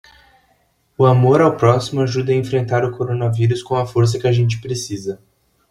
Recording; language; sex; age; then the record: spoken sentence; Brazilian Portuguese; male; 20 to 29 years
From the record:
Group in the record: control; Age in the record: 24 years